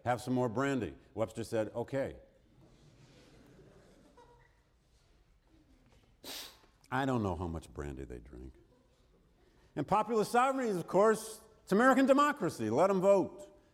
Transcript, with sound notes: have some more brandy." Webster said, "Okay." [Laughter] I don't know how much brandy they drank. And popular sovereignty of course, it's American democracy, let them vote;